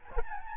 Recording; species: mosquito wingbeat signal from an infrared sensor; Aedes albopictus